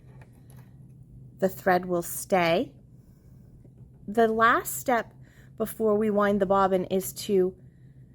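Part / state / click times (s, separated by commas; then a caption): bobbin winder spindle into winding position on a sewing machine / not seated / none. A bobbin sits on the bobbin winder spindle of a sewing machine, ready to be slid to the right until the spindle clicks into its winding position. Someone talks throughout while the bobbin is handled. Nothing has seated or clicked into place yet.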